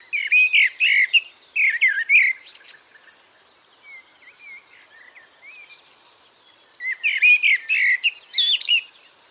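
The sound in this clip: Bird giving bright, chattering chirps in two lively bursts, with a few soft, thin notes during the quieter pause between them.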